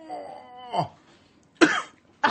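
A short voiced sound fades, then after a brief pause comes a sharp explosive cough burst, followed by a longer rough, voiced coughing fit from an adult woman. This is an ordinary reflex cough, triggered when a sip of sweet-smelling wine turned out drier than expected going down her throat.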